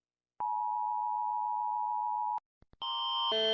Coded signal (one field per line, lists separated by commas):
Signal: Emergency Alert System (SAME) tones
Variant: 853 and 960 Hz attention tone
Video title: rating eas alarm part 1